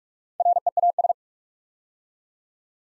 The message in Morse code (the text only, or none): REAS